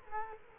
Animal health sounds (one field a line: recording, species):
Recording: mosquito wingbeat signal from an infrared sensor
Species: Culex quinquefasciatus